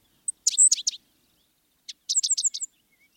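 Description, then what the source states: Five-striped Sparrow song: a thin single note, then a quick burst of high chirpy notes, a pause, and a second rapid jingling phrase of bright, sharp notes. Male sparrow, mostly dark gray and brown, with five white facial stripes; song described as distinctive and unmistakable.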